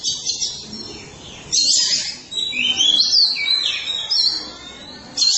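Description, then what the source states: Oriental magpie-robin song, busy and scratchy, with rapid high squeaks and warbles in overlapping bursts and short gaps between them. Chirping song (kicauan) of the bird.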